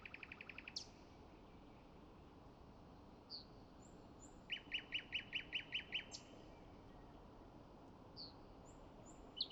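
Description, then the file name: Common nightingale song: a fast stutter opens it, then a run of several loud repeated notes follows a pause. Scattered thin whistles sit over a constant hiss. "Luscinia megarhynchos"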